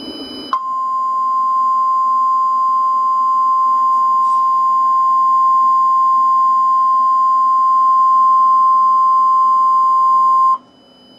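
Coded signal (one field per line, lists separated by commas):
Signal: Emergency Alert System (SAME) tones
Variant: 1050 Hz attention tone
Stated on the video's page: Mock EAS alert, a fictional scenario that uses valid SAME tones.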